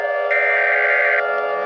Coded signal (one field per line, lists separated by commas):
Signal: Emergency Alert System (SAME) tones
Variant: header bursts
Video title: EAS SCENARIO 26: Yarnaby's Rampage